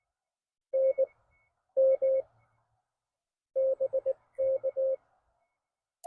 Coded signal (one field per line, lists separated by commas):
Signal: Morse code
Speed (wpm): 19 wpm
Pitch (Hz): 530 Hz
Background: none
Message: NM BK